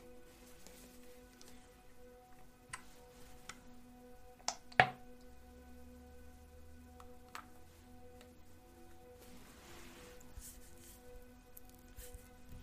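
Steady, soft background music hums beneath scattered wet, soapy brushing strokes, with a sharp louder swipe near five seconds and a longer rustle around ten.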